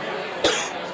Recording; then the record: coughing mixed with background sound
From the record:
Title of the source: 55 gaggy wet cough